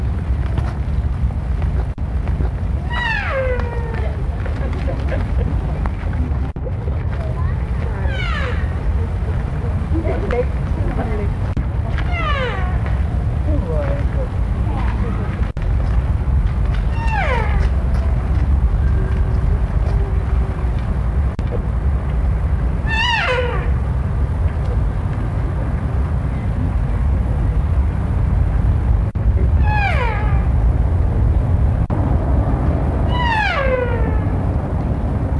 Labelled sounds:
Barasingha (Rucervus duvaucelii) call
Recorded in captivity
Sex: female
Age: adult
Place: Zoo Berlin, Berlin, DE
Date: 1961-07-15 16:30
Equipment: Minifon, Kopie Smaragd
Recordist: Tembrock, Günter

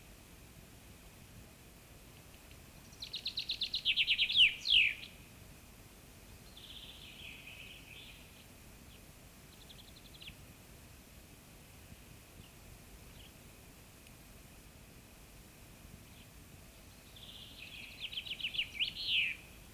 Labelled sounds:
Common Chaffinch (Fringilla coelebs) song
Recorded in the wild
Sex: male
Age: adult
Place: Goslar, OT Hahnenklee, Oberharz, Niedersachsen, DE
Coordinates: 51.8619, 10.3461
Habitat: forest
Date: 1965-04-11
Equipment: Uher 4000 Report-S, Bändchenmikro Beyer M 260, Parabolspiegel Polyester (470 mm)
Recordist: Conrads, Klaus

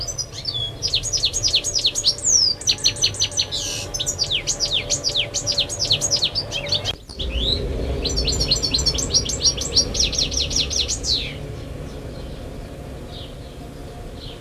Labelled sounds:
European Goldfinch (Carduelis carduelis) song
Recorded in the wild
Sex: male
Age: adult
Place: Feldberg - Koldenhof, Mecklenburgische Seenplatte, Mecklenburg, DE
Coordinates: 53.3325, 13.3433
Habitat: lime
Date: 1976-06-25 13:40
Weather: sunny, slightly hazy, 19°C
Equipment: Uher CR 210, Sennheiser MD 421 HL, Verstärker, Reflektor, Kopie Uher 4200
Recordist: Tembrock, Günter

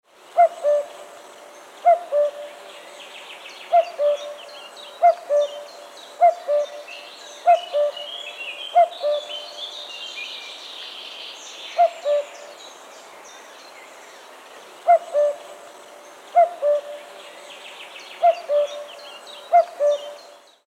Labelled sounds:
Common Cuckoo (Cuculus canorus)
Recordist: Tembrock, Günter
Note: Rufreihen

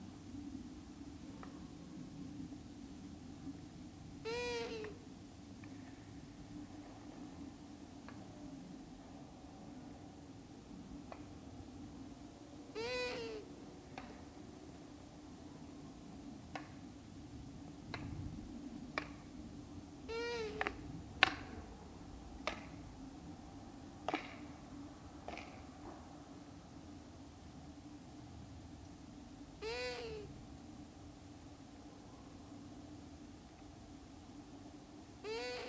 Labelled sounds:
Long-eared Owl (Asio otus)
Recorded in the wild
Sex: pair
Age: adult
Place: Rötlen, Baden-Württemberg, DE
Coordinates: 48.9664, 10.2194
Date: 1972-04-13
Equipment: Uher Report 4200, Scotch-Classic 19cm, AKG D190C in Doppelparabolreflektoren
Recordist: Krey, Winfried

